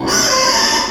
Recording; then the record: squeal of a Yucatan mini pig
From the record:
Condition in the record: before surgery on the right vocal fold (resection and tissue-engineered implant); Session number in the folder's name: 1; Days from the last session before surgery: -3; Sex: male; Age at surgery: 12 weeks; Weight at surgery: 13 kg